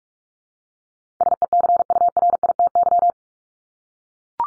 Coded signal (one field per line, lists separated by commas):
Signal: Morse code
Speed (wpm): 44 wpm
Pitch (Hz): 700 Hz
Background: none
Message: SECURITY